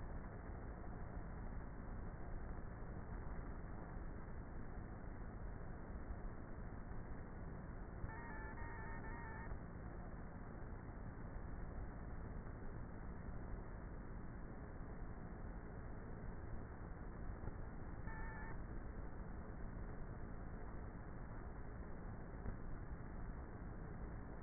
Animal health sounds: honeybee colony, microphone inside the hive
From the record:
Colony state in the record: queenless with a low population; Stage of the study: before two queens were removed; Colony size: about 30,000 bees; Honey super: no

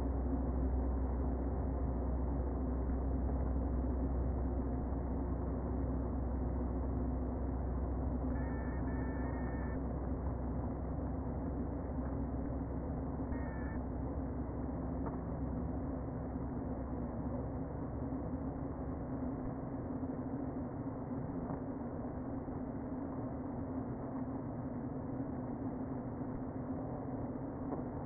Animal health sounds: honeybee colony, microphone inside the hive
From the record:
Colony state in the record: queen present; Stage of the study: before two queens were removed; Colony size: about 60,000 bees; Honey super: yes

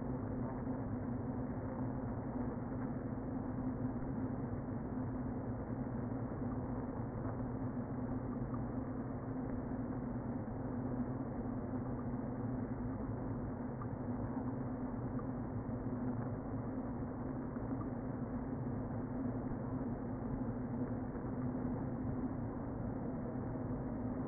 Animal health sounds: honeybee colony, microphone inside the hive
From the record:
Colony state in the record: queen present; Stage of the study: before two queens were removed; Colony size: about 60,000 bees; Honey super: yes

